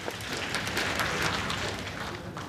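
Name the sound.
audience applause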